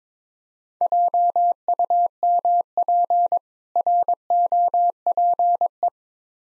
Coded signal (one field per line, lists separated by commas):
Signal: Morse code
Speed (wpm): 22 wpm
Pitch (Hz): 700 Hz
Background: none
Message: JUMP ROPE